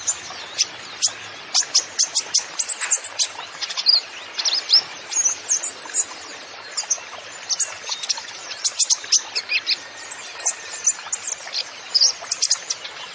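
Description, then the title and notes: Kolibri Ninja song: a dense, fast stream of thin, very high chirps and sharp downslurred notes, rapid and continuous throughout with brief trills. Masteran recording used to train songbirds, full of 'isian' fill-in and 'tembakan' shot song phrases, meant as 'pancingan' to prompt other birds; bird described as 'gacor', singing persistently. "MASTERAN KOLIBRI NINJA FULL ISIAN DAN TEMBAKAN COCOK BUAT PANCINGAN. Suara Burung Kolibri Ninja Gacor"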